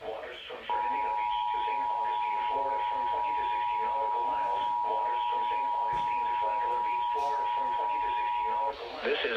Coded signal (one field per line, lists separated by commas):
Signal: Emergency Alert System (SAME) tones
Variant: 853 and 960 Hz attention tone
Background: speech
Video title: They Come And go EAS alerts from 7/12/21 (EAS Alerts #7-12)